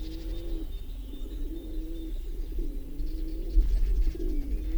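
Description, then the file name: Feral pigeon cooing: low, throaty, rolling coos repeated in swelling phrases, with a constant low rumble of background noise. City pigeon. "Stadttaube karl-heinzfrommolt deutsches tierstimmenarchiv"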